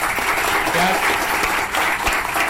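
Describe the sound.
A crowd applauds steadily, a dense wash of many hands clapping at a constant loud level, with faint voices mixed in underneath.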